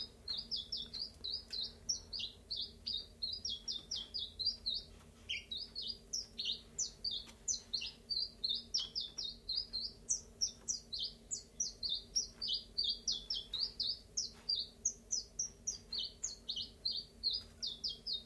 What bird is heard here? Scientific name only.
Phylloscopus collybita